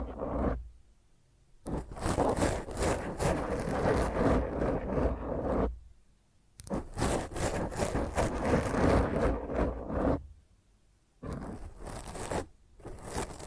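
Fingernails scratch roughly across a microphone in three dense, gritty bursts, separated by near-silent pauses around two seconds and eleven seconds.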